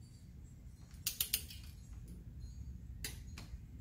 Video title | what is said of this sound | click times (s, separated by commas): VSETT 10+ How To Install EXA 291R Shocks!!! Step By Step Install. New Suspension Is Amazing! | a little click. | 3.0 s